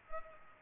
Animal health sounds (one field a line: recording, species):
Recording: mosquito wingbeat signal from an infrared sensor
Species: Culex pipiens